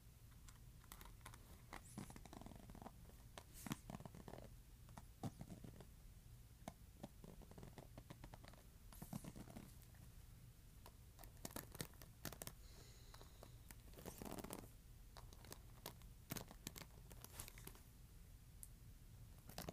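A hairbrush scratches in short, irregular strokes, each a bright, raspy burst, with clusters around the 2, 4, 9, 12 and 14 second marks. A steady low hum runs underneath throughout, and softer rustling fills the gaps between strokes.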